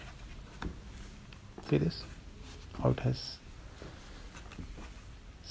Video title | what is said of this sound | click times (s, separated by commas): 4 Wheel Foot To Floor Ride On - Assemble - Review - Kmart - Kids Toys - 1-3 Years - How To - Anko | anyways so there will be small click sound yeah see | 0.6 s